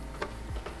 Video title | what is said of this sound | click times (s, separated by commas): The new Kicker Lx1300 7 unboxing part2 | it'll snap into place with white towards the subwoofer and purple towards your speakers | 0.2 s